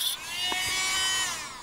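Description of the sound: A steady, high-pitched electric buzz with a whining motor tone, briefly dipping and then holding steady: an electric trimmer shortening an alpaca's continuously growing front incisors. Only the very tip protruding is cut; the root and living part lie far down, so little can go wrong. The teeth are usually checked about once a year.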